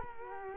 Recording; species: mosquito wingbeat signal from an infrared sensor; Culex quinquefasciatus